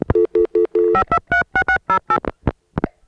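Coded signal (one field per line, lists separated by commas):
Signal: DTMF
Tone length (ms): 80 ms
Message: 5236608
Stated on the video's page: Payphone signalling from privately owned payphones (COCOTs) in Georgia, recorded in 1986.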